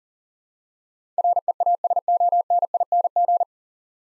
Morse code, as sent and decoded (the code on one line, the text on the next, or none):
.-. . .- ... --- -. .. -. --.
REASONING